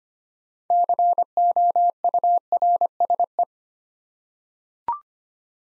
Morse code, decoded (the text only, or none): COURSE